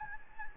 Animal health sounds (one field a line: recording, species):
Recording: mosquito wingbeat signal from an infrared sensor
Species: Anopheles gambiae